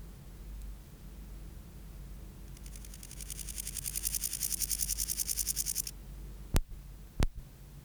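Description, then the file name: Grasshopper song: a high, rapidly pulsed buzz lasting about three seconds over a low rumble, followed by two sharp clicks. "Chorthippus binotatus"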